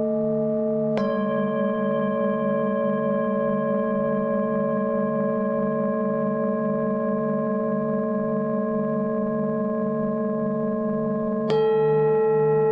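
Tibetan singing bowls ring in long, steady sustained tones, with a fresh strike at about one second and another near eleven and a half seconds. Beneath them a low, pulsing throat-sung drone wavers continuously through the whole passage.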